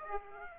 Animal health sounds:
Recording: mosquito wingbeat signal from an infrared sensor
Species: Aedes aegypti

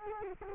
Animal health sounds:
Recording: mosquito wingbeat signal from an infrared sensor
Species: Culex quinquefasciatus

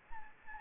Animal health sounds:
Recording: mosquito wingbeat signal from an infrared sensor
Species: Anopheles gambiae

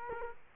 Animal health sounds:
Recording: mosquito wingbeat signal from an infrared sensor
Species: Culex quinquefasciatus

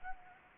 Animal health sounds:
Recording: mosquito wingbeat signal from an infrared sensor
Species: Anopheles gambiae

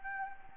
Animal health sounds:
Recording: mosquito wingbeat signal from an infrared sensor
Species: Anopheles gambiae

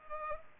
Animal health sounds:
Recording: mosquito wingbeat signal from an infrared sensor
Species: Culex pipiens

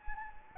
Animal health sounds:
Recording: mosquito wingbeat signal from an infrared sensor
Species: Anopheles gambiae

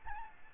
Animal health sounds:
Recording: mosquito wingbeat signal from an infrared sensor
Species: Aedes albopictus

